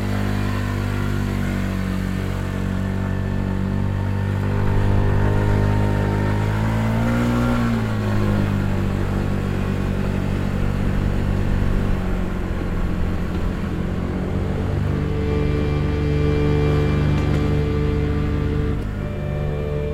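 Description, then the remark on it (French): A scooter engine, in the car park of an old railway station, runs loudly throughout, its buzzing drone swelling and dipping in pitch as it revs, then settling into a steady hum as it rides on. No voices. “Puis récupère son scooter sur le parking de la vieille gare.”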